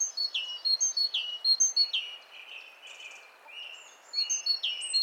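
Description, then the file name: Great tit calls, high chirps and drooping slurs, quieter midway before resuming strongly. "Parus major"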